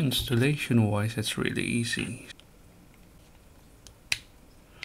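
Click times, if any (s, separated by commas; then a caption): 4.1 s. An M.2 NVMe SSD assembly is pushed into an NVMe enclosure housing while someone talks for the first two seconds. After a quiet stretch with a few faint ticks, a sharp click at 4.1 s marks it locking all the way in, seated.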